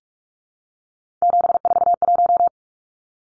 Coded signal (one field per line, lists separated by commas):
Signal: Morse code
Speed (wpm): 44 wpm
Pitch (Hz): 700 Hz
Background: none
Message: 741